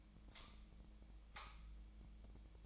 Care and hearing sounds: daily activity, microphone in the room; light off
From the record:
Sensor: 1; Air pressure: 1009.8 hPa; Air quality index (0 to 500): 189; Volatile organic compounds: 17 ppm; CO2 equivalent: 2598 ppm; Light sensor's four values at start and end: 46/131/54/61 and 35/89/37/45

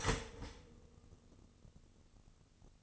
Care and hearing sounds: daily activity, microphone in the room; start toaster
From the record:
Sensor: 4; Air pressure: 1007.9 hPa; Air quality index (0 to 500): 105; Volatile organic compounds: 1 ppm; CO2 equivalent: 780 ppm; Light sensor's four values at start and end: 9/19/7/8 and 9/20/8/8

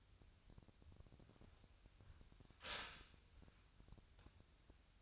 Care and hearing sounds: daily activity, microphone in the room; stop toaster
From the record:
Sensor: 2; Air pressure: 1001.8 hPa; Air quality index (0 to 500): 245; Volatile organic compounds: 36 ppm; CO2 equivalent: 3086 ppm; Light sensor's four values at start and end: 9/30/12/11 and 9/31/12/11

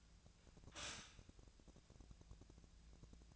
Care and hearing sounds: daily activity, microphone in the room; stop toaster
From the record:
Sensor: 2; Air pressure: 1000.0 hPa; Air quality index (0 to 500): 146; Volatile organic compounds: 2 ppm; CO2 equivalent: 1241 ppm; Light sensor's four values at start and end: 26/66/28/30 and 26/66/28/30

